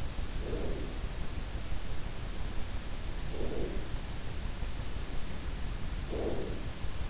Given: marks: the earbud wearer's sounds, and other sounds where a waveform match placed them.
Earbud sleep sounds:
sounds in sleep by an in-ear microphone; breath
0.24-1.35 s: breath
3.04-4.21 s: breath
5.71-6.94 s: breath

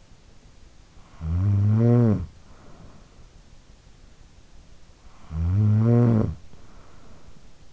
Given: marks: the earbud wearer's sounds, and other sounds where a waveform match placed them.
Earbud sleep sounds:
sounds in sleep by an in-ear microphone; snoring breath
0.63-3.57 s: snoring breath
4.70-7.73 s: snoring breath

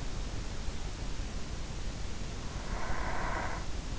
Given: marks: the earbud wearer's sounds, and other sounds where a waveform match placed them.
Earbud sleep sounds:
sounds in sleep by an in-ear microphone; breath
2.42-3.61 s: breath

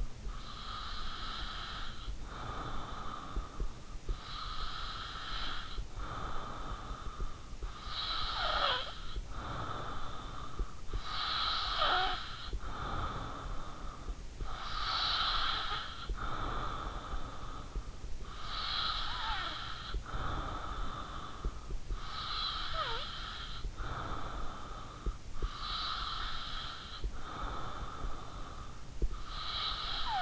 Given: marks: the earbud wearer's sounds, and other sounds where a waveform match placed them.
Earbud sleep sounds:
sounds in sleep by an in-ear microphone; breath, snoring breath
0.00-7.69 s: breath
7.69-21.69 s: snoring breath
21.69-28.69 s: breath
28.69-30.21 s: snoring breath

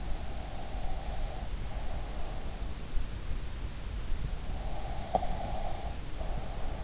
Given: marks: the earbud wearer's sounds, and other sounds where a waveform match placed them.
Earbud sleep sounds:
sounds in sleep by an in-ear microphone; breath
0.15-2.44 s: breath
4.68-6.83 s: breath

